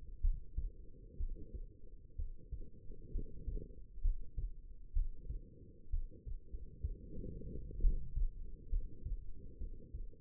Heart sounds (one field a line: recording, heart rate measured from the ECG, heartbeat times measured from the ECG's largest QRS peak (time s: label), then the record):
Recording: heart sounds by stethoscope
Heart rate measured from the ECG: 64 bpm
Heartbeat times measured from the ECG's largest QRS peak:
0.20 s: heartbeat
1.17 s: heartbeat
2.15 s: heartbeat
3.11 s: heartbeat
4.01 s: heartbeat
4.93 s: heartbeat
5.90 s: heartbeat
6.49 s: heartbeat
7.80 s: heartbeat
8.69 s: heartbeat
9.57 s: heartbeat
From the record:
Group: healthy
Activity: rest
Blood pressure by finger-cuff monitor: 108/68 mmHg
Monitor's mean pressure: 78 mmHg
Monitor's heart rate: 62 bpm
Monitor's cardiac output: 5 L/min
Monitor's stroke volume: 80 mL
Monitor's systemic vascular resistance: 1120 dyn s/cm5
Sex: female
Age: 22 years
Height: 171 cm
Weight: 65.6 kg